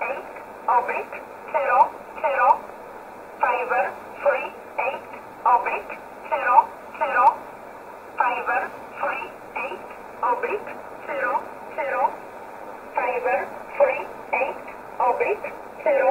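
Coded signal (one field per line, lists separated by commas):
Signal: numbers station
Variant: E11 Oblique, English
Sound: a voice reading short single words at an even pace over shortwave hiss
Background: radio static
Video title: 07 08 2019 E11 Oblique Numbers station in English 0901 on 7449 unknown tx site in USB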